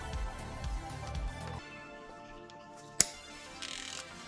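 A torque wrench set to 25 Nm with a 32 mm socket finishes tightening the oil filter housing cap on the 6.2-litre M156.985 engine of a Mercedes W204 C63 AMG, with music playing in the background. Low mechanical rumbling is heard during the first second and a half. A single sharp, loud click at 3.0 s marks the wrench breaking at its setting.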